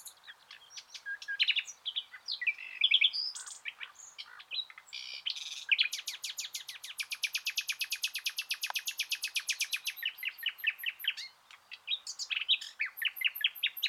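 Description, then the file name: Common nightingale song: varied rich phrases of whistles and chirps, then a long rapid series of sharp repeated notes from about six to eleven seconds, followed by more fast trills. "Luscinia megarhynchos"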